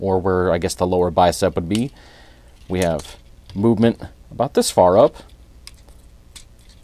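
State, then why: Seated. Someone talks while moving the plastic lower-arm or bicep swivel joint in the upper arm of a Transformers War for Cybertron Siege Voyager Class Megatron action figure. The joint gives a sharp ratchet click at 5.7 s, and the arm joint is seated in position.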